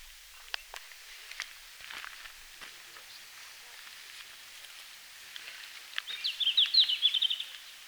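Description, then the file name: Red-flanked bluetail: quiet background with soft ticks, then a red-flanked bluetail gives one rapid, twittering high phrase lasting about a second and a half. Recorded in Finland on 17 June 2019 at 17:00. "Robin à flancs roux-20190617-1700-Finlande"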